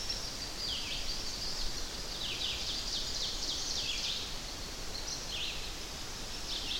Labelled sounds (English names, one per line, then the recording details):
Ovenbird song
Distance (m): 75 m
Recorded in boreal forest in Alberta, Canada, on 10 June 2016 at 06:57
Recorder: SongMeter 3, array SBT-3-39
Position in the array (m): 196 m, 89 m
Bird 17